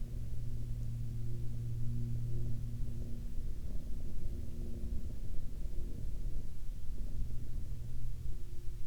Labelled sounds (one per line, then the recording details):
aircraft
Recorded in the Prudhoe Bay oil fields, Alaska, on 17 May 2021 at 14:52
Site 21